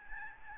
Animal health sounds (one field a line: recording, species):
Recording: mosquito wingbeat signal from an infrared sensor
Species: Aedes albopictus